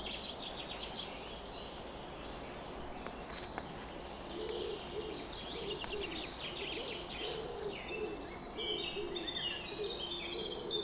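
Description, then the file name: Birds in a dawn chorus, many high twittering and trilling songs overlapping, with soft low cooing phrases repeated beneath them and a steady background hiss. Summer morning bird chorus recorded at 4:40 am. "summer morning bird chorus-4 40 am in cobs"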